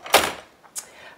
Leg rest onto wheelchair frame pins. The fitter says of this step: we heard a click but like many wheelchairs I work with it's actually not in place yet so